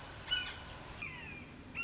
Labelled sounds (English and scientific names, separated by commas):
Red-shouldered Hawk (Buteo lineatus)